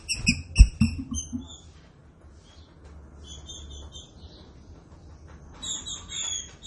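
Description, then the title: Green-winged saltator song: clipped whistled notes at the start, later longer slurred whistles, over low knocks and a steady low hum. Classic song style used for training. "Canto Clássico Trinca Ferro TREINAMENTO"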